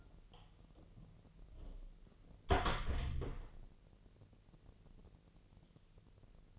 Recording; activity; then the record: daily activity, microphone in the room; close door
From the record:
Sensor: 4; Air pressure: 1002.2 hPa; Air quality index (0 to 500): 248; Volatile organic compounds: 42 ppm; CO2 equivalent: 3174 ppm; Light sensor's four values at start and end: 9/21/8/8 and 10/22/9/8